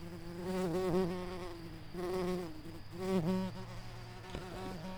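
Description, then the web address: Brown-banded carder bee buzzing in three long, droning bursts about a second apart, its low hum wavering and dipping in pitch, with a faint tapping near the end. Queens of this bumblebee species. "bumblebees sounds Humilis-queens"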